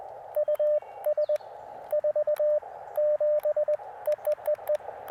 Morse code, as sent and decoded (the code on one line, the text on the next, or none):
..- ... / ....- / --... / . . . .
US 4 7 EEEE